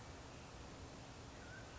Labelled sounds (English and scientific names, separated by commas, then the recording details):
Mountain Quail (Oreortyx pictus)
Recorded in Sonoma County, California